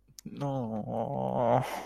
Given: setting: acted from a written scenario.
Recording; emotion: vocal sound without words; disappointment